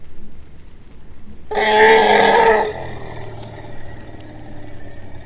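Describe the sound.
Asian elephant gives one loud, brassy trumpet lasting just over a second, followed by a faint low rumble and quiet background noise.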